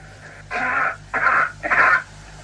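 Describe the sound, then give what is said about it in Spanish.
Three coughs rendered as they would sound on Mars under the same conditions as on Earth, through the same microphone: muffled, dull bursts with the crisp edge stripped away, evenly spaced over a faint low hum. “La tos o si se produjera en Marte en las mismas condiciones.”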